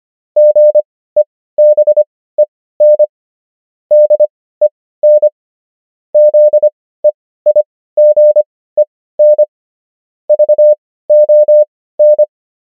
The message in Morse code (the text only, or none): GEBEN DEN ZEIGEN VON